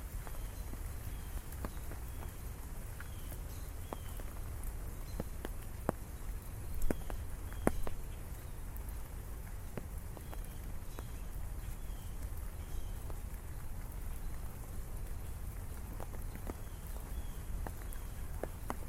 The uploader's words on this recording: Umbrella Rain City Walk. A walk through a rainy city.